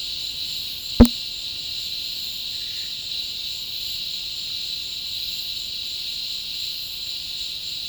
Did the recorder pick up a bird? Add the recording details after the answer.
no. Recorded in dense forest near Puerto Asís, Putumayo, Colombia, on 19 February 2024 at 14:00. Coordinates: 0.502, -76.324. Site G6370